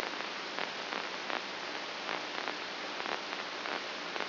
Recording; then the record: brain microelectrode recording played as sound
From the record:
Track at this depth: outside the subthalamic nucleus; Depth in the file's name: 7.628 mm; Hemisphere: left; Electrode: 2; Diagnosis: Parkinson's disease